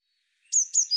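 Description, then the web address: Eurasian blue tit call beginning with two high, sharp downslurred notes that run into the start of a trill, cut short. "cianscape birddata Deverinetal Bird Cy Ca"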